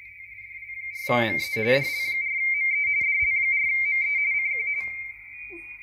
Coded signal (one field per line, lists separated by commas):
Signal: RTTY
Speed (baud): 45.45 baud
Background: speech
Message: ME DL4ME DL4ME CQ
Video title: ICOM IC-705 - Select - RTTY - Menu - then Decode .